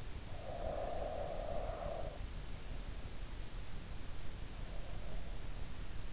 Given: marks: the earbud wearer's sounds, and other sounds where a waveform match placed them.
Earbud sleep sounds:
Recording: sounds in sleep by an in-ear microphone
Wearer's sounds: breath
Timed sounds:
0.33-2.61 s: breath

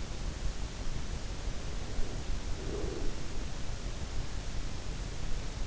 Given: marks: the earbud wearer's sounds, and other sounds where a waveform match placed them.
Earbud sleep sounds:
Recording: sounds in sleep by an in-ear microphone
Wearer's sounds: breath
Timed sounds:
2.55-3.74 s: breath

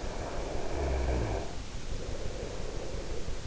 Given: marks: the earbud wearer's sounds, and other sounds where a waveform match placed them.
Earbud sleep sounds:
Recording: sounds in sleep by an in-ear microphone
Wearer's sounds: breath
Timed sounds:
0.00-3.41 s: breath

